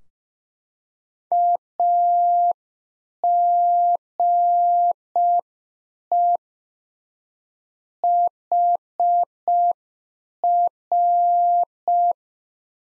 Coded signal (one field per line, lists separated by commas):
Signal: Morse code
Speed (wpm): 5 wpm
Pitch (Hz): 700 Hz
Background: none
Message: AGE HR